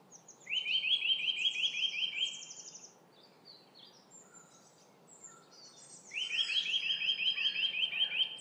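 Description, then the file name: Eurasian nuthatch trilling: a fast, evenly spaced series of rising whistled notes lasting about two seconds, given twice, with other birds singing higher in the background. "Sitta europaea"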